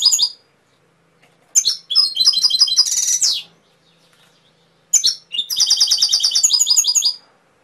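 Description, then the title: Canary song with a short opening note, then fast trilled phrases and a buzzy rolling section, a pause, then another long rapid trill. Canary training (masteran) song with full fill-in phrases (isian). "mster Mnuk. Masteran Kenari Full Isian"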